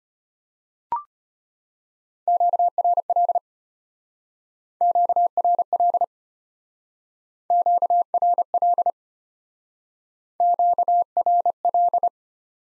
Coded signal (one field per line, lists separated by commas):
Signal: Morse code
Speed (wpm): 32 wpm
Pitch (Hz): 700 Hz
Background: none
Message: QRL QRL QRL QRL